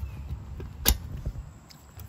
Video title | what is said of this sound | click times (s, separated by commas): Cool Accessories for your Lectric Ebike | there you go you just push this back again insert it and it clicks in place so uh pretty cool that's what | 0.9 s